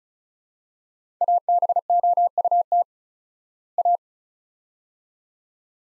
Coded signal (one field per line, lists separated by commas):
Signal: Morse code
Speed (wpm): 36 wpm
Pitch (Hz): 700 Hz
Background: none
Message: ABOUT A